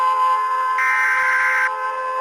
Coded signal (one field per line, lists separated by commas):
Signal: Emergency Alert System (SAME) tones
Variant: header bursts